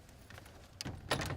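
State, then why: Not seated. The front post of an ambulance patient cot is handled at the floor-mounted cot mount channel, with sharp bright transients at about 0.8 s and 1.1 s over low background rumble. The clip ends before the post goes home, so nothing has seated or clicked yet.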